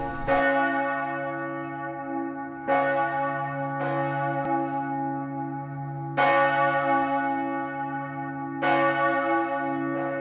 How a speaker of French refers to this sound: Donc la sentinelle de l'ordre a très bien fait, elle a ébranlé la grande cloche du donjon pour réagir à cette attaque chinoise.